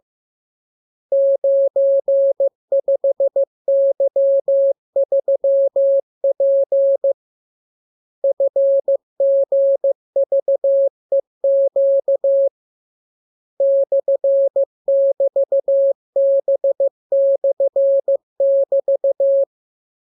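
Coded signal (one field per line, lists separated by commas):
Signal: Morse code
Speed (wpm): 15 wpm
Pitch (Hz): 550 Hz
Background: none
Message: 95Y3P FGVEQ /<BT>B/<BT>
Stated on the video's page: Morse receiving lesson 32; radiogram opens with VVV and section sign, ends with AR.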